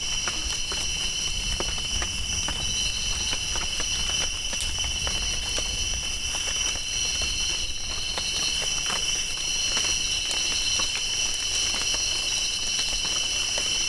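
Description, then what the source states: Cricket: steady shrill drone of crickets in several high tones, overlaid by frequent raindrop patters and clicks. Crickets calling while raindrops fall.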